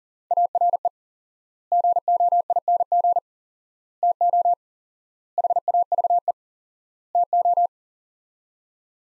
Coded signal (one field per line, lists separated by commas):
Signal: Morse code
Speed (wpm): 40 wpm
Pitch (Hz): 700 Hz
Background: none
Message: ARE GOING TO HAVE TO